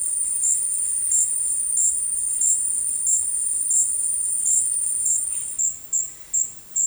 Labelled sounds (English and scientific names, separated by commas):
none